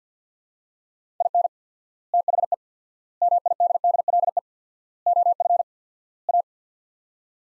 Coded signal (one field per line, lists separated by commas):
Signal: Morse code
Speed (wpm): 48 wpm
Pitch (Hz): 700 Hz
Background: none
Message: IN THE MIDDLE OF A